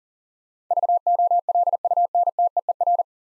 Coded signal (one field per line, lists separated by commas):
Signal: Morse code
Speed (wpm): 40 wpm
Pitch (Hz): 700 Hz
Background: none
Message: VOLUNTEER